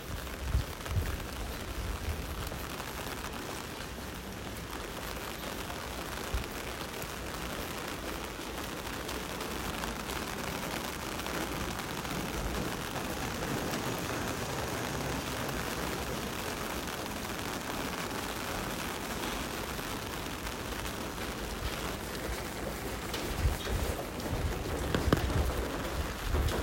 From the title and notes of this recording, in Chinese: 雨水打在雨傘上。汽車機車呼嘯而過聲。